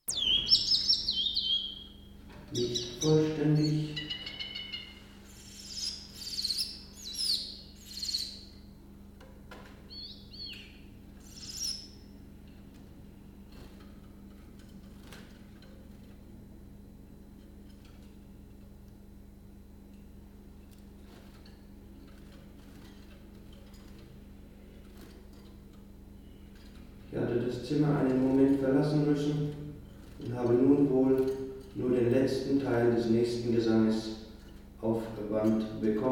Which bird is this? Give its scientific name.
Phylloscopus trochilus